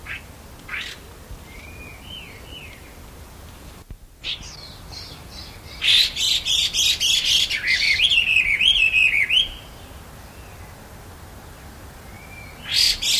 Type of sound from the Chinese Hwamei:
call